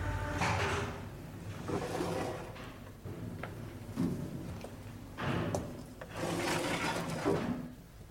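A push-button lift door, on a lift going up to a rooftop garden, slides with rough, rumbling scrapes that come in several uneven surges over a steady low hum, ending in a heavier grinding rush.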